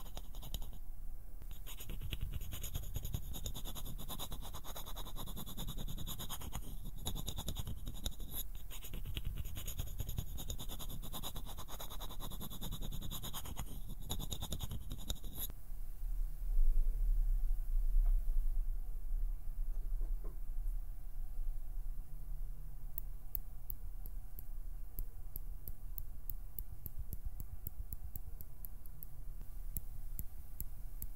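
Soft plucking, pinching and fluttering of fingers, a dense rustling scratch for fifteen seconds, then quieter low thumps with sparse light ticks.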